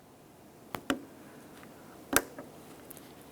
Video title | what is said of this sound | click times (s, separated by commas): How to Replace Tailgate Lock Actuator 1998-2002 Lincoln Navigator | once you hear a click give it a tug to make sure it's completely secured in place | 2.2 s